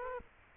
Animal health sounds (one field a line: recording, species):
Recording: mosquito wingbeat signal from an infrared sensor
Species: Culex quinquefasciatus